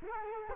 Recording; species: mosquito wingbeat signal from an infrared sensor; Culex quinquefasciatus